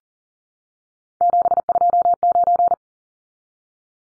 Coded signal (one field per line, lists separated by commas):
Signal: Morse code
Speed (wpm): 40 wpm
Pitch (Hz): 700 Hz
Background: none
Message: 729